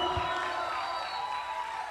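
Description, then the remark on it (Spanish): A festival crowd in Piedecuesta applauds and cheers at a live music performance in a steady, dense wash of clapping and shouting, holding at an even level for the full couple of seconds, with scattered whoops rising above the noise. “Un aplauso.”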